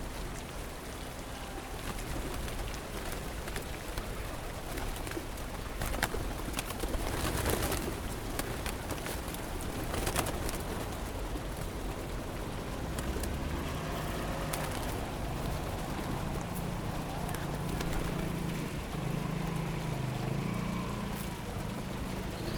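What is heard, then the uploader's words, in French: Pigeons in a square in Rome, their low cooing faint beneath a steady hiss and rumble of traffic and wind. Sharp clicks and flutters, likely wingbeats, burst out around seven to ten seconds, and soft low hums surface after thirteen seconds. Les Pigeons de Rome. Pigeons enregistrés sur la place située devant le Palais Farnese. Le micro est mis près du sac de graines que leur distribue une vieille romaine.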